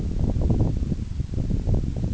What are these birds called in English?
none